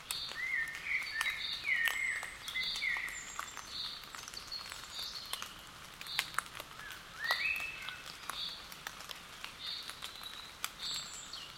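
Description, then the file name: Common blackbird calls: short rising whistled notes around mid pitch in scattered groups, with high ticking notes above and patches of faint crackling patter throughout. "Turdus merula"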